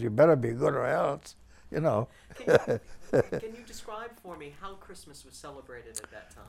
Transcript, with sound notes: You better be good or else, you know. (he laughs)
Can you, can you describe for me how Christmas was celebrated at that time?